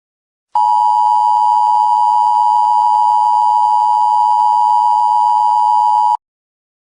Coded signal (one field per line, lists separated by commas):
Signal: Emergency Alert System (SAME) tones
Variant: 853 and 960 Hz attention tone